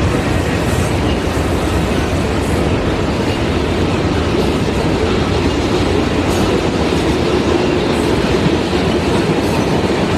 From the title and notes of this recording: Train On Tracks.